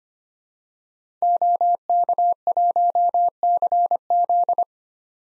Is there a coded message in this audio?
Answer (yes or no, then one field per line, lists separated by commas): yes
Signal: Morse code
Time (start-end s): 1.2-4.6 s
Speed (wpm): 25 wpm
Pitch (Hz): 700 Hz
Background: none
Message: OK1CZ